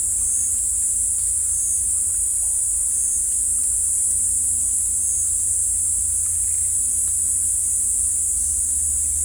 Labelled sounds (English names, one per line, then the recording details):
none
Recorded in dense forest near Puerto Asís, Putumayo, Colombia, on 18 December 2024 at 11:30
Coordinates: 0.467, -76.328
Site GP05